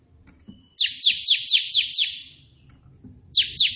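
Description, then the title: Prinia song, a quick run of six harsh buzzy notes followed after a pause by two more, over a low rumbling background. White prenjak song in three 'tembakan' variations, suitable for tutoring pet prenjak. "3 VARIASI TEMBAKAN prenjak putih ini COCOK untuk masteran prenjak anda"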